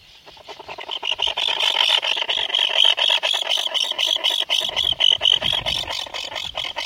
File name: Konyuga-kroshka Aethia pusilla